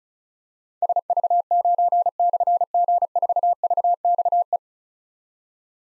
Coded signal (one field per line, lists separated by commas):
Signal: Morse code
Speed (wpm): 36 wpm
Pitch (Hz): 700 Hz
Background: none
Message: SV9/G4VXE